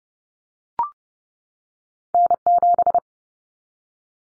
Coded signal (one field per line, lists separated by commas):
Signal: Morse code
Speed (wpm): 30 wpm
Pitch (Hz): 700 Hz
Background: none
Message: N7